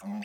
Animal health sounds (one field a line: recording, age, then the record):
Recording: pig call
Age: piglet (1 to 25 days)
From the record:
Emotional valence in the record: negative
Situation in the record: long isolation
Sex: male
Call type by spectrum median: low-frequency call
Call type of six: mixed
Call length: 0.26 s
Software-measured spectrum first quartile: 206 Hz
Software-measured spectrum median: 322 Hz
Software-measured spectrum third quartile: 1455 Hz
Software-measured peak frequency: 207 Hz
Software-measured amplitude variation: 72 dB a second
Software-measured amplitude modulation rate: 13.7 a second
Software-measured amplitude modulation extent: 5.2 dB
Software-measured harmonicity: 11.4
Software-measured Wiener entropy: -2.21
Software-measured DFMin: 788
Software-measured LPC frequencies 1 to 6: 703, 2053, 2695, 4626, 6025, 7030 Hz